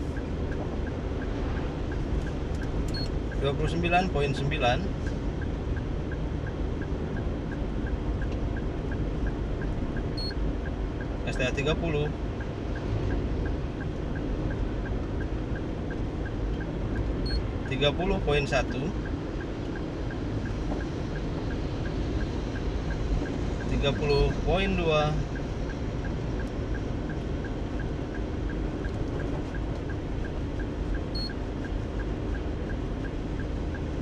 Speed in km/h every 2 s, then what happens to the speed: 52, 52, 52, 52, 52, 52, 52, 53, 53, 53, 53, 53, 53, 53, 53, 53, 53.
0-34 steady at about 53.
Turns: none.